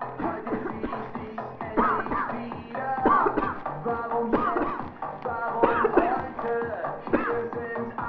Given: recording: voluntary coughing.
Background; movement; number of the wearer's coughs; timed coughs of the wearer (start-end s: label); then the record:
music; sitting; 12
0.17-0.45 s: cough
0.40-0.76 s: cough
0.76-1.15 s: cough
1.74-2.05 s: cough
2.09-2.42 s: cough
3.03-3.31 s: cough
3.34-3.67 s: cough
4.30-4.54 s: cough
4.54-4.92 s: cough
5.60-5.89 s: cough
5.94-6.26 s: cough
7.11-7.43 s: cough
From the record:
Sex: female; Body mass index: 36.4 kg/m2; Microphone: on the chest, facing the body